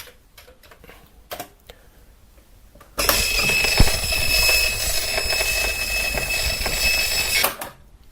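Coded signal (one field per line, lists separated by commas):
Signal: Commodore tape loading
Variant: Commodore 64 Datasette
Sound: brief clicks, then about four seconds of harsh raspy buzzing with a thin whine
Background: small room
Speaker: on entend le le son de la dota qui est sur la cassette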